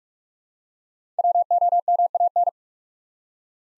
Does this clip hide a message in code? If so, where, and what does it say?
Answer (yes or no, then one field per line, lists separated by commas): yes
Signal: Morse code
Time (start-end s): 1.2-2.5 s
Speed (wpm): 44 wpm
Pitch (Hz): 700 Hz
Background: none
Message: WOMAN